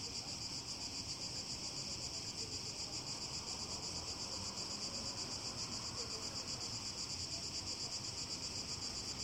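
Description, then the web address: Steady, piercing cicada drone, a high buzzing chorus pulsing quickly and evenly without a break from start to finish. Recorded in Greece on 29 July 2015. "cigales. grece"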